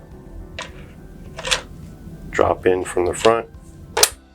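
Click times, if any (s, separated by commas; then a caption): 4.0 s. Someone talks while a 1595 EZ Mount tray and adapter are dropped into the mounting plate from the front and pressed until they latch. A sharp double snap is heard at 4.0 s as the tray adapter locks in place, seated.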